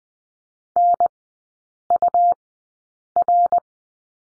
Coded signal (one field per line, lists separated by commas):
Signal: Morse code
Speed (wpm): 20 wpm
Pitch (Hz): 700 Hz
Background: none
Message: NUR